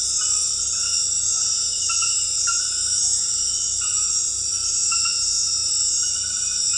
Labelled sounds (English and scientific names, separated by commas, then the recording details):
none
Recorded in dense forest near Puerto Asís, Putumayo, Colombia, on 19 February 2024 at 23:00
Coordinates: 0.484, -76.317
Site G6464